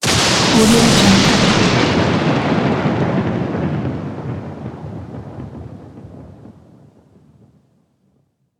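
A lightning strike hits with a loud, crackling burst, then rumbles low and slowly fades over about seven seconds into silence.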